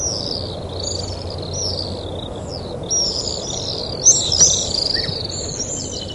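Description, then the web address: Pacific swift screams: high, reedy trilling streaks, louder after three seconds, over a faint low rumble. Recorded in Taiwan. "amatubame 鳥音補習班 鳥種清單 叉尾雨燕"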